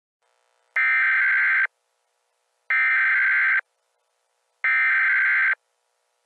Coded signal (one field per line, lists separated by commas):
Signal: Emergency Alert System (SAME) tones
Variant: header bursts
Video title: ATLAS - Deadly American Terror (USA EAS Scenario)